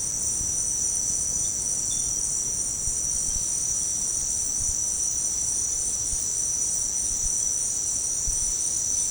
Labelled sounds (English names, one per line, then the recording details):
none
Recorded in pastures near Puerto Asís, Putumayo, Colombia, on 25 June 2025 at 17:00
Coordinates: 0.496, -76.326
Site GP01